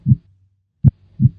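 Heartbeat with normal heart sounds: two sounds in each beat that differ, one striking stronger and the other softer.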